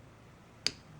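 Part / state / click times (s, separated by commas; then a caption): knife lock bar engaging behind the opened blade / seated / 0.7 s. The blade of an Emerson Horseman (Mini CQC-8) folding knife is opened and its liner lock bar engages behind it with a small, crisp click at 0.7 s over a quiet background. The lock seats firmly in place.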